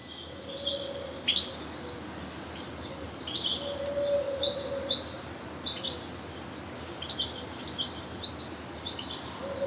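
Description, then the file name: European goldfinch calls: short bursts of bright, tinkling high notes in scattered groups every second or two, with a faint steady low hum at times. "Carduelis carduelis"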